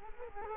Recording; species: mosquito wingbeat signal from an infrared sensor; Culex quinquefasciatus